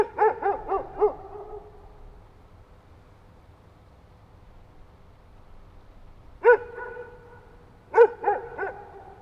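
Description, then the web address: Dog giving quick barks, a burst of four at the start, then after a long pause a single bark and a short run of three. "Effects 02-Birds, Insects Animals. Animals dogs"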